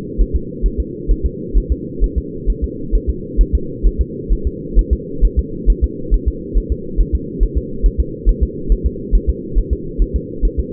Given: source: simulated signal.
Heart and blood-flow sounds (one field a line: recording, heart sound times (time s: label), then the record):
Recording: fetal heart sounds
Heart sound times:
0.21 s: S1
0.36 s: S2
0.66 s: S1
0.80 s: S2
1.11 s: S1
1.26 s: S2
1.58 s: S1
1.72 s: S2
2.04 s: S1
2.18 s: S2
2.50 s: S1
2.64 s: S2
2.95 s: S1
3.09 s: S2
3.41 s: S1
3.55 s: S2
3.87 s: S1
4.01 s: S2
4.33 s: S1
4.47 s: S2
4.79 s: S1
4.93 s: S2
5.25 s: S1
5.39 s: S2
5.70 s: S1
5.84 s: S2
6.14 s: S1
6.28 s: S2
6.58 s: S1
6.72 s: S2
7.01 s: S1
7.15 s: S2
7.43 s: S1
7.57 s: S2
7.86 s: S1
8.00 s: S2
8.29 s: S1
8.43 s: S2
8.72 s: S1
8.87 s: S2
9.15 s: S1
9.30 s: S2
9.59 s: S1
9.73 s: S2
10.02 s: S1
10.16 s: S2
10.45 s: S1
10.59 s: S2
From the record:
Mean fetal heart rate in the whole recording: 135 bpm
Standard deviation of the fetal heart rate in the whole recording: 3 bpm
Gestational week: 36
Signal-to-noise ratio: -4.3 dB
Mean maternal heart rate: 72 bpm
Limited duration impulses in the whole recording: absent